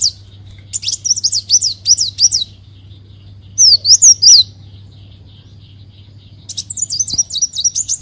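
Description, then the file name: Leafbird song: quick runs of high whistled notes, a loud group of four sliding whistles mid-way, then another fast whistled run. "Tieng chim xanh tim"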